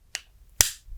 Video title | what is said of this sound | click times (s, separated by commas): Hot Wheels Starships Select Star Destroyer - Star Wars Unboxing | there we go nice click sound and let's | 0.6 s